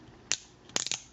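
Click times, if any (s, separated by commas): none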